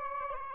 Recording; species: mosquito wingbeat signal from an infrared sensor; Aedes albopictus